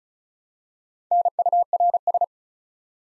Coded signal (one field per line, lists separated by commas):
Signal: Morse code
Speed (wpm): 36 wpm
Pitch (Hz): 700 Hz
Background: none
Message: NURS